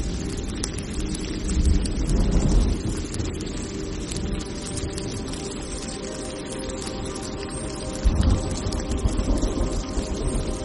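Rain patters steadily on leaves, a dense, even crackle of small drops across the whole clip. Beneath it a deep, low rumble rolls on continuously, swelling around two seconds and again near eight seconds like thunder.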